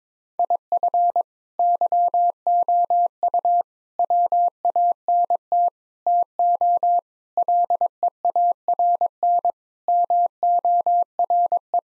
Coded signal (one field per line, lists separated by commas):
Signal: Morse code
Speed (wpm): 21 wpm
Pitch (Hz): 700 Hz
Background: none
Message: IF YOU WANT TO LEARN MORE